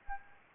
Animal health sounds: mosquito wingbeat signal from an infrared sensor; Anopheles gambiae

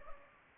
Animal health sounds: mosquito wingbeat signal from an infrared sensor; Culex pipiens

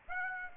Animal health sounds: mosquito wingbeat signal from an infrared sensor; Aedes aegypti

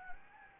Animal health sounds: mosquito wingbeat signal from an infrared sensor; Anopheles gambiae

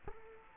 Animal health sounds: mosquito wingbeat signal from an infrared sensor; Culex quinquefasciatus

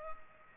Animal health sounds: mosquito wingbeat signal from an infrared sensor; Culex pipiens

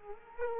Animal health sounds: mosquito wingbeat signal from an infrared sensor; Culex quinquefasciatus

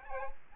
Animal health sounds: mosquito wingbeat signal from an infrared sensor; Aedes aegypti

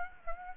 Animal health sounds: mosquito wingbeat signal from an infrared sensor; Aedes aegypti

